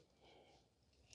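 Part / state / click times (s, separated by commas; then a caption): PCV breather out of engine valve cover port / released / 1.1 s. An old snap-in PCV breather is pulled from its port in an engine valve cover, and after about a second of low, quiet handling noise a sharp pop sounds at 1.1 s as it comes straight up and out. The breather is released from the valve cover.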